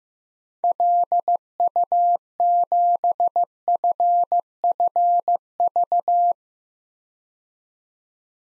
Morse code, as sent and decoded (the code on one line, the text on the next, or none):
.-.. ..- --... ..-. ..-. ...-
LU7FFV